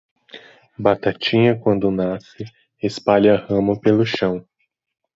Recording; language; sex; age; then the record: short text; Brazilian Portuguese; male; 20 to 29 years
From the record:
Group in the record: control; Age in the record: 27 years